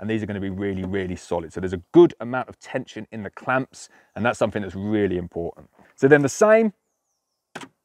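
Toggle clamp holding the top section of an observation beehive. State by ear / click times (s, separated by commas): released / 7.6 s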